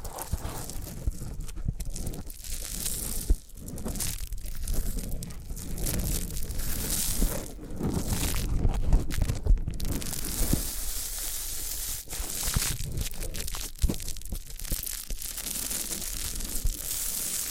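Foam being massaged and squeezed, giving a dense, continuous crinkling and squishing texture with bright hiss on top and a soft low rumble underneath. Brief dips and sharper crackles break it up every second or so, with a fuller, louder stretch around eight to ten seconds.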